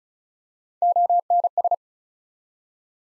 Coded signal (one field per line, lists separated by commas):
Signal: Morse code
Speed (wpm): 36 wpm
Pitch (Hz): 700 Hz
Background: none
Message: ONS